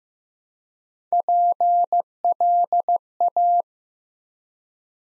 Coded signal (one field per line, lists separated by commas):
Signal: Morse code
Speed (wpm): 15 wpm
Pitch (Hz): 700 Hz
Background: none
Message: PLA